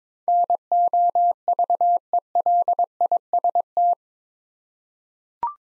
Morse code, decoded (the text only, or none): NOVELIST